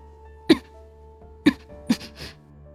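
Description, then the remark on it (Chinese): A disciple gives a few soft, low coughs as cold seeps into the heart, short muffled bursts spaced unevenly with a quick pair near the end, heard alone over a faint steady hum with no talking. “低低咳嗽一声。”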